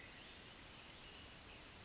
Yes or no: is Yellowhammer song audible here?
no